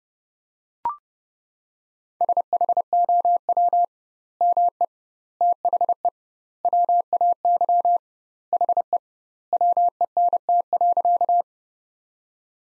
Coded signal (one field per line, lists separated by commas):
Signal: Morse code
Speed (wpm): 30 wpm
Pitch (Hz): 700 Hz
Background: none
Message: SHOW ME THE WAY HE WENT.